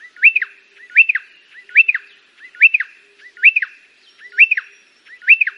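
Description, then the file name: Pardalote song: a brief two-part whistled chirp, rising then dropping, repeated steadily about every eight tenths of a second. "canto do pardalote"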